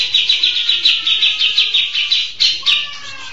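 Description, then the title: Mixed birds, rapid high chirps pulsing steadily several times a second, with a faint lower whistle running beneath them. "Burung Campur2"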